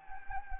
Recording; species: mosquito wingbeat signal from an infrared sensor; Anopheles gambiae